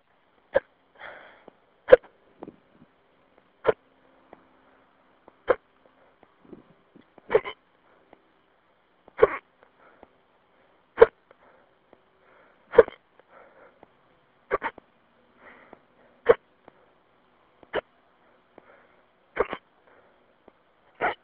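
About twelve sharp, brief gulping hiccups, roughly 34 a minute, somewhat irregularly spaced, over a phone line.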